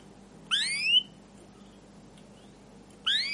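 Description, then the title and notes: Canary calls: two rising, slurred whistled notes about two and a half seconds apart, with quiet background between them. Canary song with 'cuit cuit' calls and 'ngerol' rolling style, used as a lure and master for training young canaries to learn sounds. "CUIT CUIT NGEROL LANGSUNG GACOR PANJANG Kenari Ini Utk Pancingan KENAR. PANCINGAN Kenari GACOR PANJANG Cuit CUIT EMOSI ini utk MASTERAN Kenari PAUD belajar BUNYI. burung kenari"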